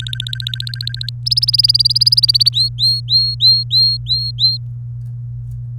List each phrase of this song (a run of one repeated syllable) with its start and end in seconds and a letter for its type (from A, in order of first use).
0.00-1.09 A, 1.26-2.49 B, 2.53-4.58 C